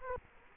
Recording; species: mosquito wingbeat signal from an infrared sensor; Culex quinquefasciatus